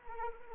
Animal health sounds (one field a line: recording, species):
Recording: mosquito wingbeat signal from an infrared sensor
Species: Anopheles arabiensis